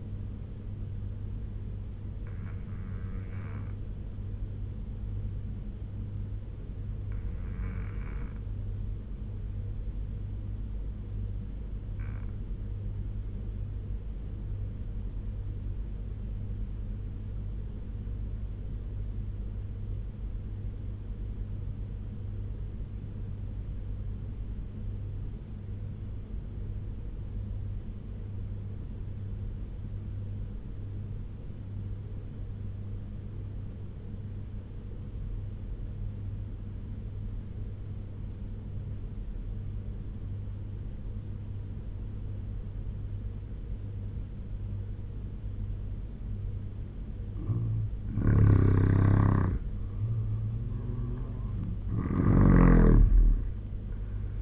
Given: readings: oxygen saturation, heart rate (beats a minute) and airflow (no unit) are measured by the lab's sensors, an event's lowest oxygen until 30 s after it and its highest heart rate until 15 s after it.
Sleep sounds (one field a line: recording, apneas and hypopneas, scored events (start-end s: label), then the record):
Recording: breathing in sleep by a smartphone at the bedside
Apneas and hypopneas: 1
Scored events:
5.00-45.00 s: obstructive apnea (N2, oxygen 96% highest, then 83% lowest, heart rate 71 at the start, 83 highest)
From the record:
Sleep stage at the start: N2 (light sleep)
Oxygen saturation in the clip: 86 to 96%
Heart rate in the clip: 69 to 83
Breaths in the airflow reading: 3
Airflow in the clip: -7.3 to 8.2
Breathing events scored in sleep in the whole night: 201 in 6.5 hours asleep